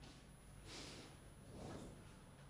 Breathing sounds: one breath in and out by a microphone near the nose and mouth; normal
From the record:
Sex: male

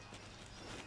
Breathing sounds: one breath in and out by a microphone near the nose and mouth; strong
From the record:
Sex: male

